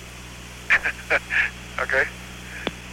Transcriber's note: laughter